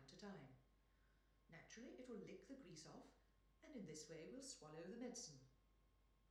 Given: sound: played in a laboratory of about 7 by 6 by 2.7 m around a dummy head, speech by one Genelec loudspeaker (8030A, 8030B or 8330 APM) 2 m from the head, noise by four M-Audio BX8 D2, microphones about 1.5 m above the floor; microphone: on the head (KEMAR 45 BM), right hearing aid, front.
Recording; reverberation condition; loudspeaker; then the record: female speech in English; medium; in front (0 degrees)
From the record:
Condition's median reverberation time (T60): about 510 ms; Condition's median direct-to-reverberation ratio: about -0.5 dB